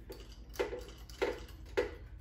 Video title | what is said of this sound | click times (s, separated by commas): 👻Underworld Clown Unboxing/Setup!🎃 | we go all right clicked in so now it's still kind of turning a lot | 1.8 s